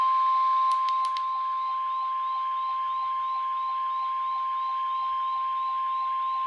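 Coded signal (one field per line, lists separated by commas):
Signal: Emergency Alert System (SAME) tones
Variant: 1050 Hz attention tone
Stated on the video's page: Required Weekly Test from NOAA weather radio station KXI98, received on an HH54VP radio.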